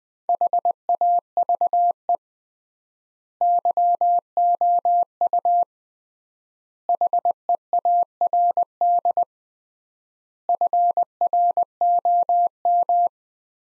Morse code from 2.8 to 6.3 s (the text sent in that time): YOU